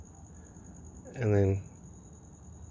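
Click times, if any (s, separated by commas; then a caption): none. The metal locking pin on the linkage ball joint of a Translogic quickshifter for an R Nine T motorcycle is handled, about to be twisted around until it locks. Someone talks briefly over a steady high-pitched hiss, with a few faint ticks early on. Nothing has seated or clicked yet.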